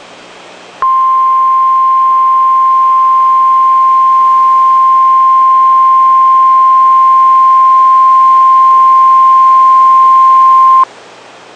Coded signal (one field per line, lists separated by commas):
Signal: Emergency Alert System (SAME) tones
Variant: 1050 Hz attention tone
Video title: Real NOAA Weather Radio EAS Alert #87